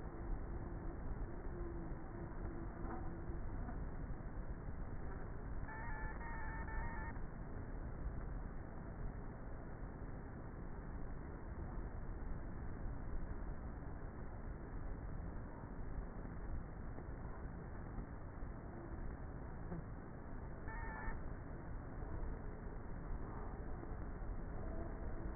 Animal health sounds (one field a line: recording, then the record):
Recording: honeybee colony, microphone inside the hive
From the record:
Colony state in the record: queenless with a low population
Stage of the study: before two queens were removed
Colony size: about 30,000 bees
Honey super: no